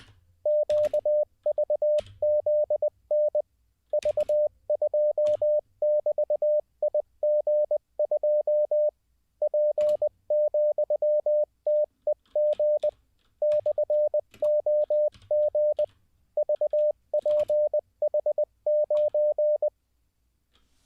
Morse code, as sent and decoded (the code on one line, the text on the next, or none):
--.- ...- --.. -. / ...- ..--- -...- .. --. ..--- / .--. --..-- - . --. / -..-. --- --. / ...- .--. .... ----.
QVZN V2<BT>IG2 P,TEG /OG VPH9